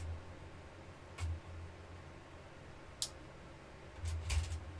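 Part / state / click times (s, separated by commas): plastic building brick onto another brick / seated / 3.0 s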